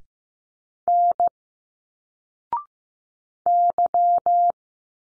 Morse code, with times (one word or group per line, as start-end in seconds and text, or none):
0.9-1.3 N
3.5-4.5 Y